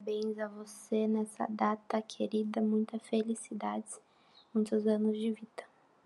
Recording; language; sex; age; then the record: short text; Brazilian Portuguese; female; 20 to 29 years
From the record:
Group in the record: control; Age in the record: 21 years